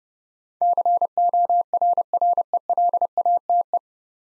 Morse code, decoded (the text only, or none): CORRELATE